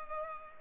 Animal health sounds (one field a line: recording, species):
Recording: mosquito wingbeat signal from an infrared sensor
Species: Culex pipiens